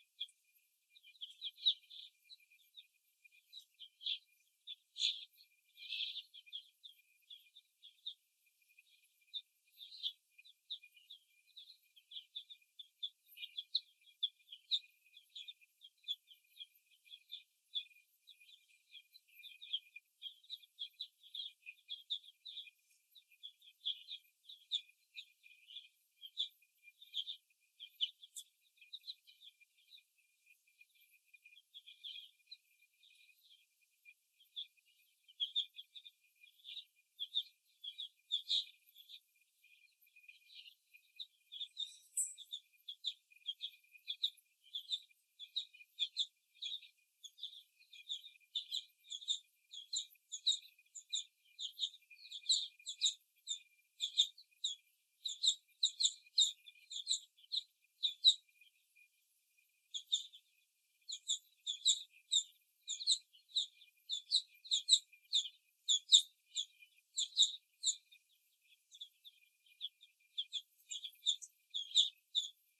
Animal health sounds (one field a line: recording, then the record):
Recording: young laying hens in a cage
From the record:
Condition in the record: before the stressor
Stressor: simulated dog barking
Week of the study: 1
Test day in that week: 2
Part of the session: 3